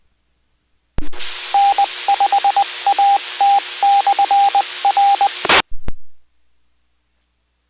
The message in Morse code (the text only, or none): N5AT/R